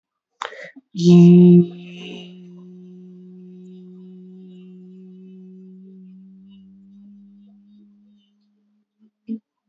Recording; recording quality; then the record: sustained vowel as in beet; moderate, slight background noise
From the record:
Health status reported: healthy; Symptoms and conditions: none ticked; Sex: male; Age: 23 years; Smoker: not ticked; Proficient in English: yes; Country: India